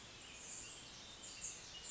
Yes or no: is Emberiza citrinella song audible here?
no